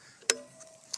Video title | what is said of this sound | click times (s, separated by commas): Troxus T1 Pro Electric Scooter FULL Review - What does $549 get you? | and it clicks into place make sure you push that back | 0.3 s